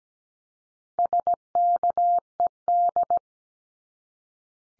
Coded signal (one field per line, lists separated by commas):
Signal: Morse code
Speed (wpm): 17 wpm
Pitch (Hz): 700 Hz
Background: none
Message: SKED